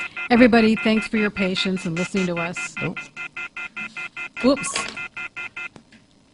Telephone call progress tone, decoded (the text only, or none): off-hook warning tone